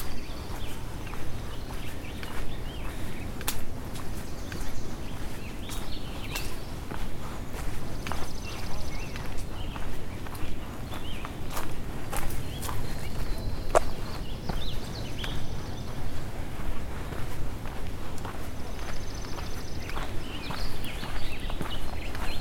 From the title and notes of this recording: Walk around Jewel Lake April 2021.